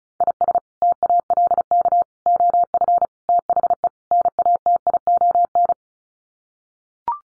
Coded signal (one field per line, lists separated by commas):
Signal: Morse code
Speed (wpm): 34 wpm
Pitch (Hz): 700 Hz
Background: none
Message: IS TALK OF THE NATION